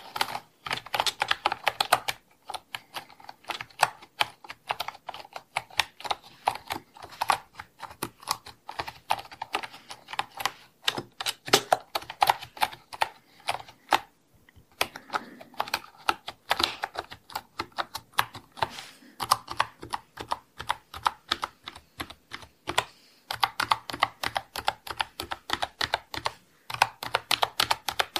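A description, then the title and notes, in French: Typing on a mechanical keyboard: sharp, bright clicks come in fast, uneven bursts with a few short pauses, near 2, 14 and 26 seconds. The keystrokes are dense and busy throughout, with a faint low hum underneath. ASMR - Je te relaxe avec mon téléphone, mon ordinateur et mon clavier mécanique !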